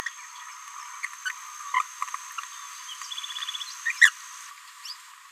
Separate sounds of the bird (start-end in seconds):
1.02-1.06, 1.26-1.31, 1.74-1.82, 3.85-3.93, 4.01-4.10, 4.83-4.94